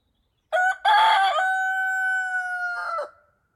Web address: Fox Audio Post-Production - Countryside – Nature Field Amb Countryside Day Rooster Birds